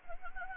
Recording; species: mosquito wingbeat signal from an infrared sensor; Anopheles gambiae